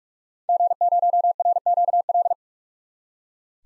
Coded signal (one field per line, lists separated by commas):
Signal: Morse code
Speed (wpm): 46 wpm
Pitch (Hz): 700 Hz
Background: none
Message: G0RQL